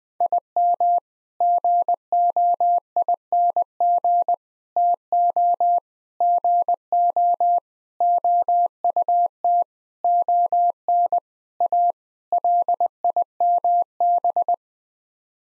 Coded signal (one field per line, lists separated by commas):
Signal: Morse code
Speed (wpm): 21 wpm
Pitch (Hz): 700 Hz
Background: none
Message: IM GOING TO GO OUT ON A LIMB